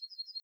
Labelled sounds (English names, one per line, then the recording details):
Yellowhammer song
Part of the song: start
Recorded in the Czech Republic on 5 July 2013
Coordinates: 50.381, 13.434
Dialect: BD
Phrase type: H25
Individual 314866